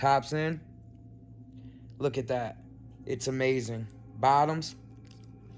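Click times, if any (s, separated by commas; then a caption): none. A lower removable veneer, a plastic/resin dental shell, is being handled to go onto the bottom teeth while someone talks in short bursts over a steady low hum, with a few faint brief ticks between the phrases. Nothing has seated or clicked yet.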